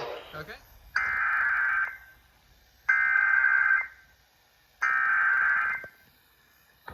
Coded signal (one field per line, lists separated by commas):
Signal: Emergency Alert System (SAME) tones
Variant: header bursts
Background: speech